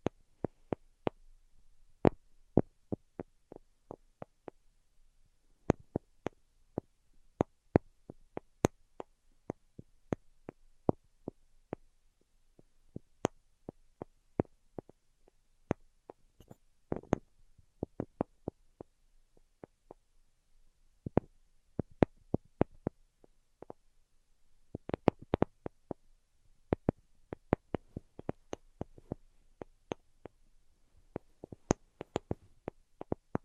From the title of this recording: Tapping Tingle Immunity Treatment (No Talking)